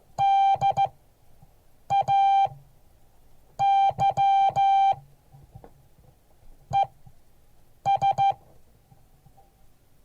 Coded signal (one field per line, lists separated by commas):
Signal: Morse code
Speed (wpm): 15 wpm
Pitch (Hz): 790 Hz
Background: none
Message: DAY ES